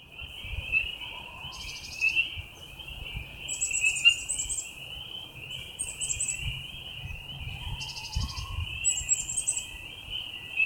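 Frog chorus with an unbroken, rapidly pulsed trill, overlaid by short rasping bursts that come and go every couple of seconds.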